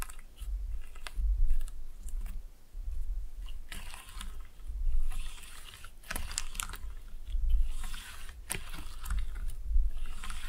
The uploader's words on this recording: ASMR Fun with Slime No Talking.